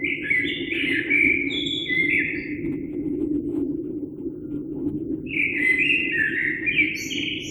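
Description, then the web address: Common blackbird song: two mellow warbled phrases separated by a pause of a few seconds, over a steady low hum. Recorded 3 March 2020. "oiseaux Merle 2020 03 03"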